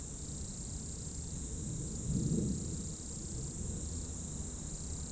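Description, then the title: Insects sustaining a shrill, even chorus with intermittent chirping, while a brief low swell of noise rises and fades around the middle. Insects in roadside bank and trees at dusk, first hairpin of Col du Chat road, Bourdeau, France; recorded on Tascam DAP1 DAT, from a 2006 CDR. "route col du Chat, Bourdeau, France - Tutti insectes"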